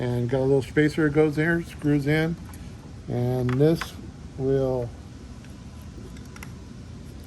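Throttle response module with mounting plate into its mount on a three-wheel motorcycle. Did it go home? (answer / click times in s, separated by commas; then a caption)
yes / 6.4 s. Someone talks while a PedalBox throttle-response module, on its modified mounting plate with a spacer and flathead bolt, is pushed into its mount on a Can-Am Spyder F3 three-wheel motorcycle. Two short, sharp clicks follow at 6.4 s and 6.4 s as the module clicks onto the mounting plate and seats.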